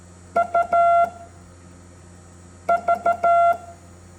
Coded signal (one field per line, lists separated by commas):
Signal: Morse code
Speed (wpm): 14 wpm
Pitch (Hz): 690 Hz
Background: none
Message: UV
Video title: Morse Code English Alphabet